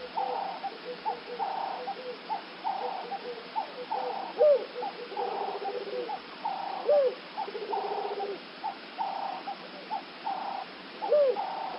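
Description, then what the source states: Dove giving three low, soft cooing notes that rise and fall, spaced about two and a half to four and a half seconds apart over a busy background chorus of pulsed, buzzy calls. Africa.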